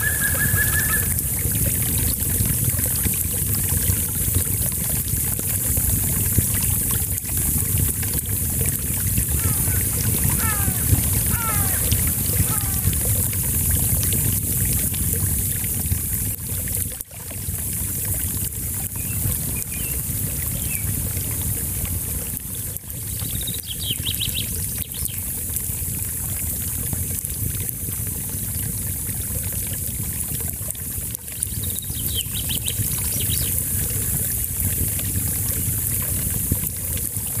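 A small brook runs steadily through the whole clip, a dense, even rush of water with a low rumble beneath it. Birds call faintly now and then, a short chirping run near 10–12 seconds and thin high calls around 24 and 31 seconds.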